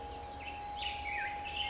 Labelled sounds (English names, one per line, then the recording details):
Black-headed Grosbeak
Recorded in Sonoma County, California